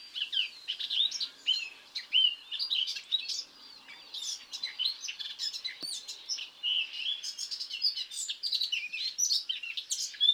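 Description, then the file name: Eurasian blackcap song, a dense, hurried warble of varied chirps, slurred whistles and short trills running almost without pause throughout. "Sylvia atricapilla"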